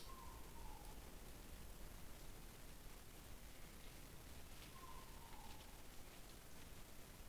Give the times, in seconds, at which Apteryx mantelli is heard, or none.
none